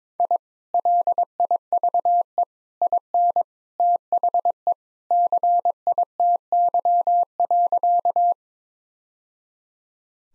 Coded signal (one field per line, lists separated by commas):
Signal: Morse code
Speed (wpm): 22 wpm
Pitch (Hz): 700 Hz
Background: none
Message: I LIVE IN THE CITY.